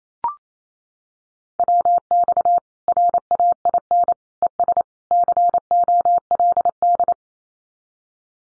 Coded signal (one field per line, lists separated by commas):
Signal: Morse code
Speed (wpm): 28 wpm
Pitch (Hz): 700 Hz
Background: none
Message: WX RAIN ES COLD